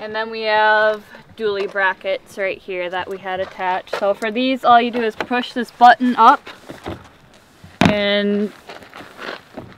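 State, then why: Not seated. Someone talks while handling the metal swing-out dually support brackets attached to a 2022 Arctic Fox 1150 truck camper, pushing the release button up to move a bracket into its new position. A few short handling knocks follow, but the bracket has not yet snapped into its locked position; nothing has seated or clicked by the end of the clip.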